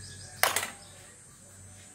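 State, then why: Seated. The same locking part on an air compressor is engaged again, giving a sharp click at 0.4 s followed by a brief second snap over a low steady hum. The lock catches and still holds.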